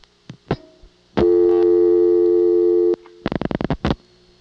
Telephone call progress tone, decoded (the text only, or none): dial tone